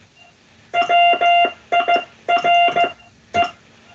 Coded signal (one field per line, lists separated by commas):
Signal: Morse code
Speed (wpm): 15 wpm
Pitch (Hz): 700 Hz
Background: none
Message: WIRE